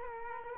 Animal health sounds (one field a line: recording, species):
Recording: mosquito wingbeat signal from an infrared sensor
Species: Culex quinquefasciatus